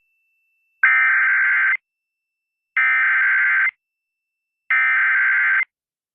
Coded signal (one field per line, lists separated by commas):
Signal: Emergency Alert System (SAME) tones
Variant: header bursts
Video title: Beauregard, Louisiana EAS Alert: Immediate Evacuation (08/26/2023)